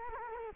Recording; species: mosquito wingbeat signal from an infrared sensor; Culex quinquefasciatus